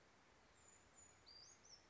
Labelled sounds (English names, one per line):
Western Flycatcher